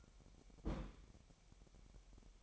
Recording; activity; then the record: daily activity, microphone in the room; place on stove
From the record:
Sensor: 1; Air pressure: 1012.0 hPa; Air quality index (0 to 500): 226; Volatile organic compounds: 5 ppm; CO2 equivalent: 1805 ppm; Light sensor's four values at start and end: 64/153/65/69 and 64/152/65/69